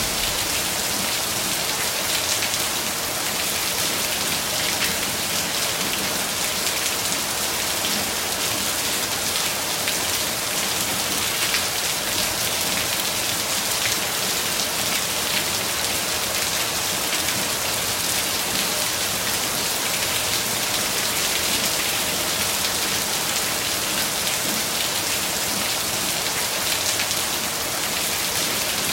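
Heavy rain pours down steadily and densely, a bright constant hiss of drops hitting surfaces with no pauses or breaks throughout.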